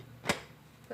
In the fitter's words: the lid on turn it clockwise until it clicks and then